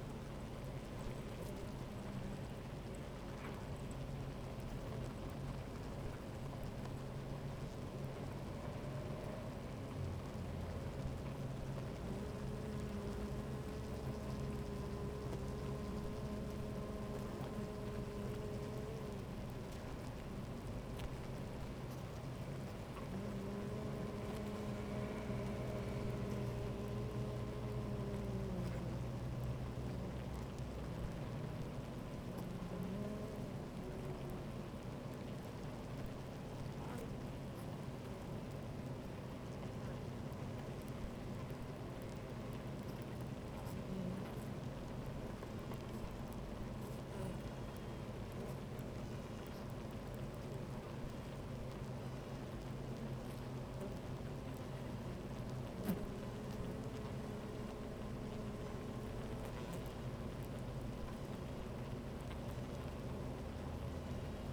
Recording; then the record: honeybee colony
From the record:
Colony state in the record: active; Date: 28 July 2017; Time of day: 12:25